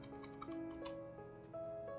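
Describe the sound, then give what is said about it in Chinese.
Faint, irregular clicks of typing on a computer keyboard, a scattered run of light taps over a steady, humming tonal background, with no voices. The typing is done during a recording to correct a mistyped word. “那听到打字的声音，因为一边录音一边发现有写错字哈，大家把它更正一下。”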